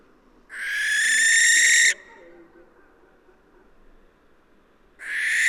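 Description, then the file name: Barn owl screeching: one harsh, breathy shriek rising in volume, faint low sounds in the pause, then another screech beginning. "Schleiereule - Tyto alba"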